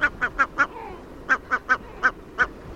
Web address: birdnote-daily- episodio great-black-backed-gull